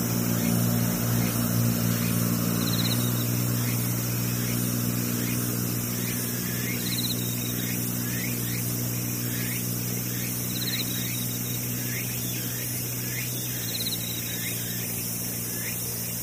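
Insects buzz in a steady high drone with quick chirps repeating throughout, over a constant low engine-like hum that continues underneath.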